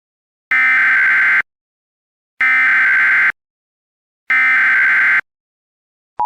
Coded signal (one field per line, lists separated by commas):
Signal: Emergency Alert System (SAME) tones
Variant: header bursts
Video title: EAS Mock - First Mock Weather Alert